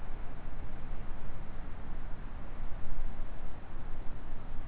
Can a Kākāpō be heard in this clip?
no